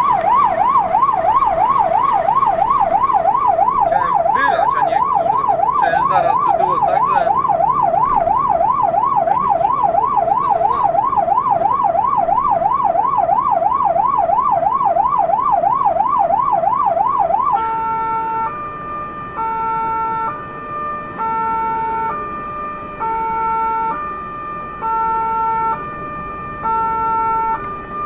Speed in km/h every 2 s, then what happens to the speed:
63, 63, 63, 64, 66, 67, 67, 68, 66, 66, 65, 56, 56, 57.
0-20 steady at about 66. 20-22 brakes to 56. 22-28 steady at about 56.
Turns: none.